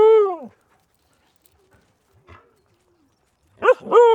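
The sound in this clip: Husky howling yowls: a drawn-out arching call at the start, a quiet stretch with faint rustles, then two more bending harmonic yowls at the end.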